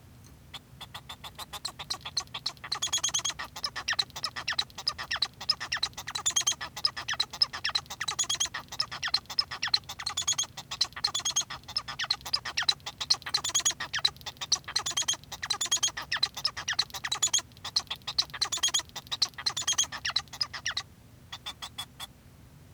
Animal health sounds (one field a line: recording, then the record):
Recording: song of a male Bengalese finch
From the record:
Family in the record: son of father 1